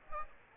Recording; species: mosquito wingbeat signal from an infrared sensor; Aedes aegypti